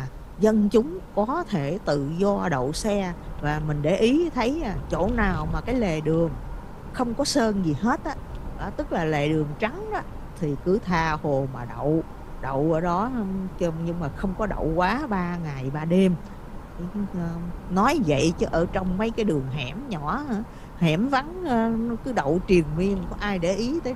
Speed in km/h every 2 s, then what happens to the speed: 48, 58, 63, 64, 63, 63, 61, 61, 63, 63, 61, 60.
0-5 speeds up to 64. 5-24 steady at about 63.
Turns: none.